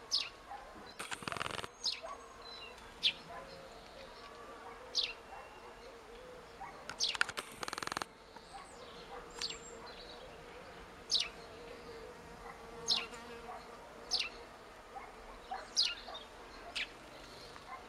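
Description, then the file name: Eurasian blackcap giving hard, sharp tac calls, single clicks repeated every second or two, with two loud bursts of rustling noise and a faint hum underneath. "Sylvia atricapilla"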